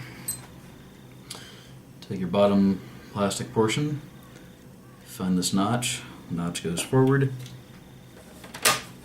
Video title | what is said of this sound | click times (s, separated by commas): uso xbox 360 repair training 11 re assembling the 360 generation 1 and 2 | and it snaps right into place not much no fuss | 8.7 s